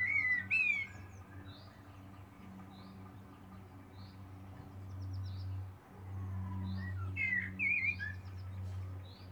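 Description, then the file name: Common blackbird song: mellow warbled phrase at the start and another near the end with a sharp twittered tail, over a steady low hum. "Turdus merula"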